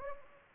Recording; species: mosquito wingbeat signal from an infrared sensor; Anopheles gambiae